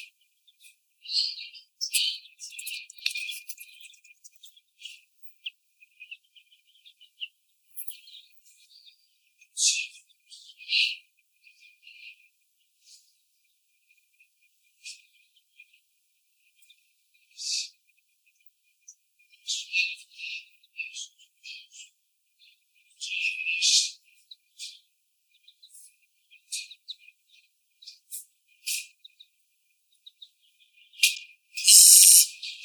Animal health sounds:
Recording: young laying hens in a cage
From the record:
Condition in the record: before the stressor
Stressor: sudden umbrella opening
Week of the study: 1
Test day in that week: 1

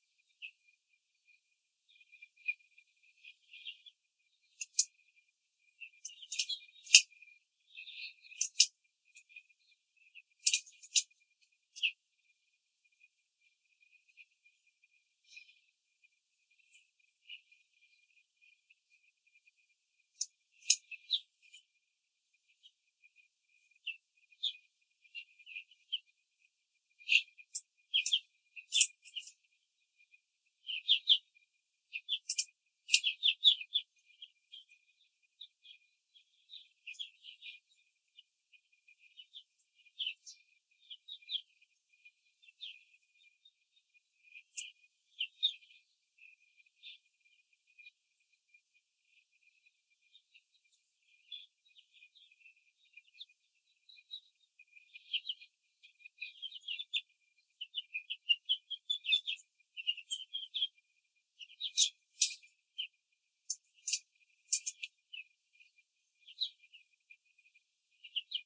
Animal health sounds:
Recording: young laying hens in a cage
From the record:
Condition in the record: control cage, after the stress test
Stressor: none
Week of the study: 4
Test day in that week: 3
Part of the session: 4

